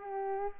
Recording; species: mosquito wingbeat signal from an infrared sensor; Culex pipiens